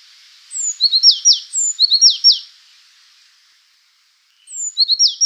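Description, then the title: Azure tit calling: a thin high note, then short chips and downslurred notes in quick bursts, two bursts close together, a pause, then another. "suara burung azure tit"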